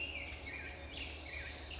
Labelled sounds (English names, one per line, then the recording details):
Black-headed Grosbeak
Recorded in Sonoma County, California